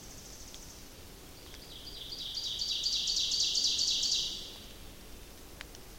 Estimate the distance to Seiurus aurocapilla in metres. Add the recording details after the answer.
about 35 m. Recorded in boreal forest in Alberta, Canada, on 28 May 2016 at 07:28. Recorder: SongMeter 3, array SBT-3-49. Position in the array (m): 85 m, 154 m. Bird 15